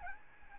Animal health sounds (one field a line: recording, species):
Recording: mosquito wingbeat signal from an infrared sensor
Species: Aedes albopictus